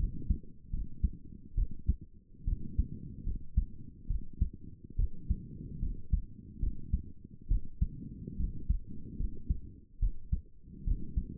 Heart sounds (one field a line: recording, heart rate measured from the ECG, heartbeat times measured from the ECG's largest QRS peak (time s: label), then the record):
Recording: heart sounds by stethoscope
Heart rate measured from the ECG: 71 bpm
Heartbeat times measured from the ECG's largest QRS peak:
0.70 s: heartbeat
1.55 s: heartbeat
2.45 s: heartbeat
3.24 s: heartbeat
4.07 s: heartbeat
4.96 s: heartbeat
5.80 s: heartbeat
6.60 s: heartbeat
7.48 s: heartbeat
8.37 s: heartbeat
9.17 s: heartbeat
9.99 s: heartbeat
10.84 s: heartbeat
From the record:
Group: healthy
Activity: rest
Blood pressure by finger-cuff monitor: 163/89 mmHg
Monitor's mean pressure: 114 mmHg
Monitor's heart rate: 72 bpm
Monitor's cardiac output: 6.6 L/min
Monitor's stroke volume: 93 mL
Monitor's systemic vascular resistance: 1290 dyn s/cm5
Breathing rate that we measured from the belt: 22 breaths a minute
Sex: female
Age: 22 years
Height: 154 cm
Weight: 58.7 kg